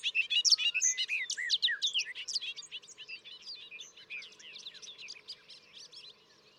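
Bobolink song: a continuous, jumbled stream of bright, metallic, bubbling notes that slowly fades in loudness toward the end.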